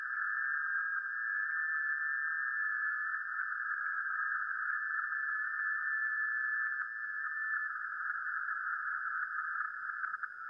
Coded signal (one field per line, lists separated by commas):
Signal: FT8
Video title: 2025-06-17 1800-2359 - Playing Music - Radio - Trailer Updates